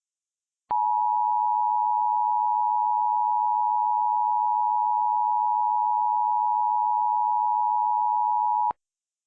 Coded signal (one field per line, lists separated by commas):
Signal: Emergency Alert System (SAME) tones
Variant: 853 and 960 Hz attention tone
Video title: EAS Scenario #10: Money Value = 0